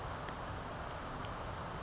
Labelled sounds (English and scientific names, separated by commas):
California Towhee (Melozone crissalis)